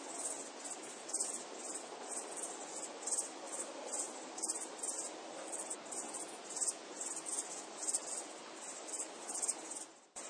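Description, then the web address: Crickets chirping, continuous shrill pulsed trilling in quick rhythmic bursts over an even background hiss. "SFXSource AOS Crickets"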